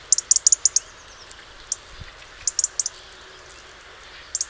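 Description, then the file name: European robin calls: rapid, very high, brief notes in fast little runs, then isolated ticks and another quick burst at the end. "Erithacus rubecula"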